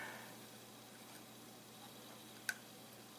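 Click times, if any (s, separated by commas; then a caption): 2.5 s. The other end of a ribbon cable is pushed onto its board connector inside a Phantom 4 Pro drone during an ESC replacement. After a low, steady background, a single short, sharp click sounds at 2.5 seconds as the connector seats.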